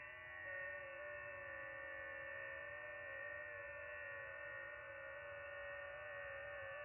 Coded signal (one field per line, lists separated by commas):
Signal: FT8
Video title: *** LIVE *** Life Updates and FT8